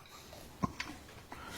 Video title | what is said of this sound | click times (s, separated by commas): Install American Modified Jeep JL & Gladiator JT Empire Grille W/ Amber Lights & Camera Bracket. | It literally goes in the hole, push till it snaps. | 0.6 s, 0.8 s